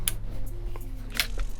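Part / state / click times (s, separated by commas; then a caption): axis lock on a handheld camera gimbal arm / seated / 0.1 s, 1.2 s. The axis lock on a Zhiyun Crane 2S handheld camera gimbal arm is engaged from an arbitrary position, and the arm is turned until the lock engages. Sharp clicks are heard at 0.1 s and 1.2 s, with fainter ticks at about 0.8 s and 1.4 s over a low steady hum. The gimbal axis lock snaps home and is seated.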